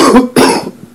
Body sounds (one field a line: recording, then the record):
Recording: coughing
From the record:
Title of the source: Coughing 77